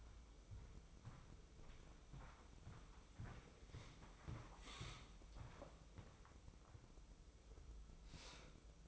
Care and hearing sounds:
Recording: daily activity, microphone in the room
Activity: walk to room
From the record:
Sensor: 1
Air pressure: 995.6 hPa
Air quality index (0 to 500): 37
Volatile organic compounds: 1 ppm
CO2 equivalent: 635 ppm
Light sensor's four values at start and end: 30/104/40/41 and 29/101/39/41

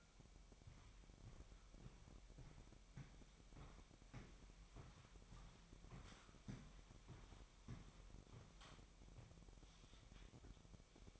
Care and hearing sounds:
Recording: daily activity, microphone in the room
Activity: walk to room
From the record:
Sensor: 1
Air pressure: 1012.3 hPa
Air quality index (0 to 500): 197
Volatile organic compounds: 4 ppm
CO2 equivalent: 1582 ppm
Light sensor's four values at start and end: 80/193/81/86 and 76/180/77/81

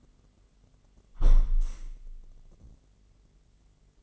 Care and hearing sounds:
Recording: daily activity, microphone in the room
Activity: close window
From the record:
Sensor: 4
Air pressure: 999.4 hPa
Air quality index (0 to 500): 126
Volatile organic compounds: 2 ppm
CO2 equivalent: 1238 ppm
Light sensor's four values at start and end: 18/44/18/20 and 18/44/18/20

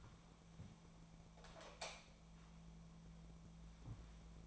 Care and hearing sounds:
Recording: daily activity, microphone in the room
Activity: light on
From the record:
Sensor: 1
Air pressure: 1000.0 hPa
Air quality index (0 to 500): 130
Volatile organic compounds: 2 ppm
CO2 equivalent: 1234 ppm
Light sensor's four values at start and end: 37/93/39/48 and 40/108/44/53

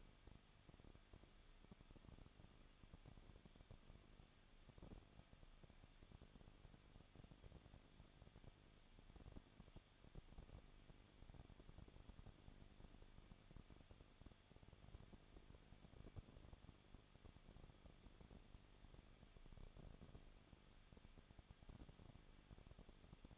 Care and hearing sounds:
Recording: daily activity, microphone in the room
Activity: no activity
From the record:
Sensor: 4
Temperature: 23.1 degrees Celsius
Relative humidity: 34.3%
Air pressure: 1007.2 hPa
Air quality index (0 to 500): 215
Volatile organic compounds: 15 ppm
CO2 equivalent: 2490 ppm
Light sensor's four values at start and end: 2/3/1/1 and 2/3/1/1

